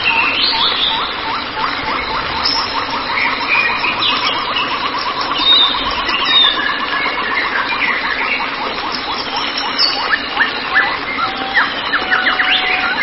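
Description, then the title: White-rumped shama song: a long run of rapid, evenly repeated clipped notes, then varied whistles and slurs, with a continuous noisy background. "Kicau Murai Batu"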